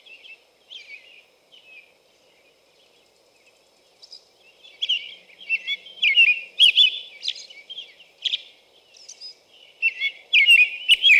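American robin singing: scattered whistled notes at first, then a steady series of short caroling phrases that grow louder and closer together.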